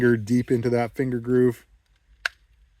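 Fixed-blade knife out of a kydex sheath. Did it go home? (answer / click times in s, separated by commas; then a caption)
released / 2.3 s. Someone talks, then a thumb pushes deep into the finger groove and pops a fixed-blade knife out of its kydex sheath. A sharp single click is heard at 2.3 s as the knife releases.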